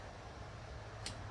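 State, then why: Torque reached. A click-type torque wrench pulls a manifold stud nut on a tractor engine over a steady low hum. The wrench gives one sharp click at 1.1 s, confirming the nut has reached the torque setting.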